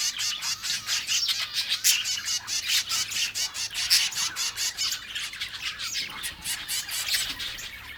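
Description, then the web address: Exotic birds giving harsh squawks and rapid chatter in a steady, noisy stream. "best service Blue Box birds birds exotic"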